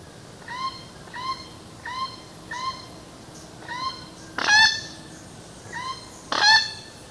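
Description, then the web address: Plate-billed mountain toucan giving nasal honking notes, spaced irregularly, with a couple of louder, harsher notes near the end. Recorded in Ecuador. "Birds of Ecuador. Plate-billed Mountain-Toucan"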